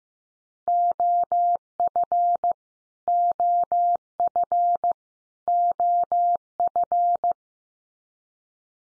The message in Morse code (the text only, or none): OF OF OF